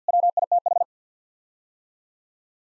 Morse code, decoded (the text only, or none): WITH